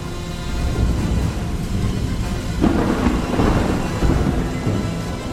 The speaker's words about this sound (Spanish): Entonces, cuando todo estaba perdido, me llegó a mis oídos el sonido de la salvación. Más vale tarde que nunca. Era la tormenta.